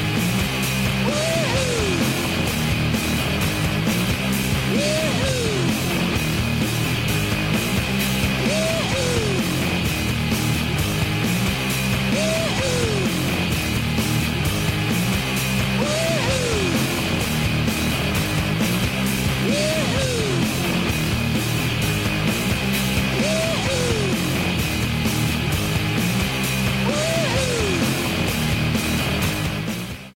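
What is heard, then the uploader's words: A goal horn blares loud and unbroken for the whole stretch, thick and low with a steady bright edge on top. A short sliding phrase rises and falls about every four seconds, repeating in a regular loop over the dense droning bed. NOHS Hockey 2022 - 2023 Goal Horn.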